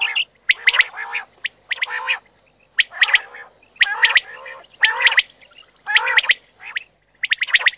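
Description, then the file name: Common quail giving rasping, nasal bursts about once a second, each with clipped high notes, in an uneven series. "QUAGLIA"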